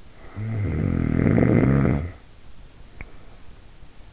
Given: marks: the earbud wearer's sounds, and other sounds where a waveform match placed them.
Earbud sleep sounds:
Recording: sounds in sleep by an in-ear microphone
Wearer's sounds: snoring breath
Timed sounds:
0.27-3.30 s: snoring breath

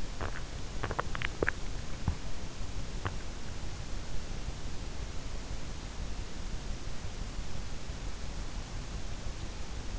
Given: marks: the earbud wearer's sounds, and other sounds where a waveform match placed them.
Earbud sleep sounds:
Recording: sounds in sleep by an in-ear microphone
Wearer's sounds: teeth grinding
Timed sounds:
0.00-3.31 s: teeth grinding

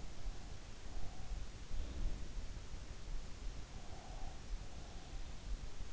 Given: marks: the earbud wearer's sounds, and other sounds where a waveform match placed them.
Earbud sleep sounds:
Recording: sounds in sleep by an in-ear microphone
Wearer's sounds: breath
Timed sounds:
0.74-2.50 s: breath
3.68-5.44 s: breath

